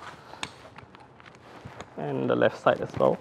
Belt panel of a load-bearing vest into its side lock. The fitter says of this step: a clicking mechanism for a lock